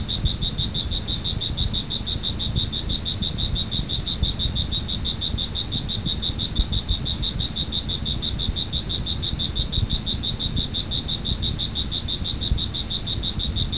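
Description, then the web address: Cricket chirping: sharp, high pulses repeating rapidly and evenly for the whole stretch, backed by a constant low hum of noise. "特酷声音素材库 动物 昆虫 蟋蟀"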